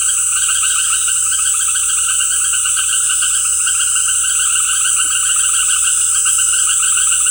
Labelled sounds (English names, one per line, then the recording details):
none
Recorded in dense forest near Puerto Asís, Putumayo, Colombia, on 20 February 2024 at 18:30
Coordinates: 0.487, -76.319
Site G6403